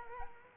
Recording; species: mosquito wingbeat signal from an infrared sensor; Culex quinquefasciatus